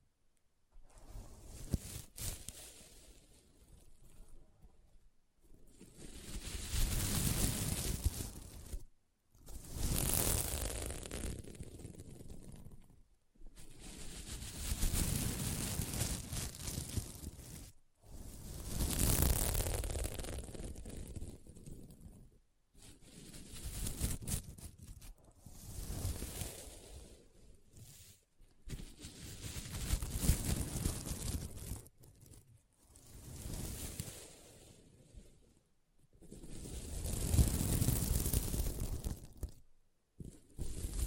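Scratching on a sequin mermaid pillow, coming in repeated swells of a few seconds each, separated by brief silences. Each pass builds to a dense, rough rustling with a bright, papery edge, then fades. The strokes recur about every four to five seconds throughout.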